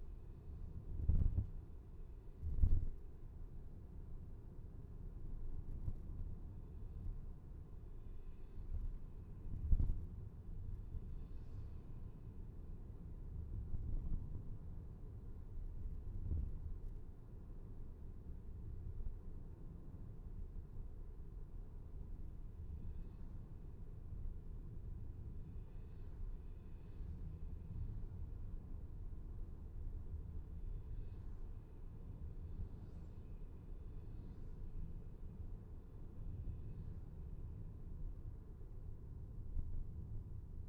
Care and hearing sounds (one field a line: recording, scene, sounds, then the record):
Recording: everyday scene through a hearing-aid microphone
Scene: in a vehicle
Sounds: engine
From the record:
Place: VW T5 Caravelle, diesel engine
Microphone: behind the ear, left, front